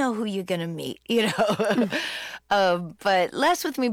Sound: laughter